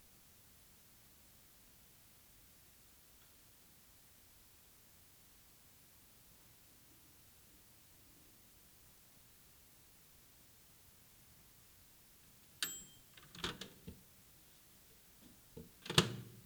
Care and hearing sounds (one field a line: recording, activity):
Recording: daily activity, guitar pickup as the sensor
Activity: use microwave